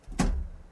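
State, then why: Seated. A PCI graphics card is slid down and pushed into the motherboard's PCI slot until the retention latch locks. A single sharp click sounds at 0.2 s, followed by a low rumble that fades out, and the card is seated in the slot.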